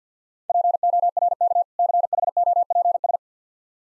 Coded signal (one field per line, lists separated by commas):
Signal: Morse code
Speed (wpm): 50 wpm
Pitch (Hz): 700 Hz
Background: none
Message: PORK CHOPS